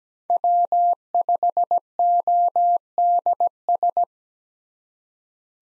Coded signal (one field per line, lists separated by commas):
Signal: Morse code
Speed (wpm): 17 wpm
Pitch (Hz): 700 Hz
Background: none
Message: W5ODS